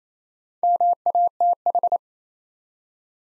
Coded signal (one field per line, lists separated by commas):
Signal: Morse code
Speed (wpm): 27 wpm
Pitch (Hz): 700 Hz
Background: none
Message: MATH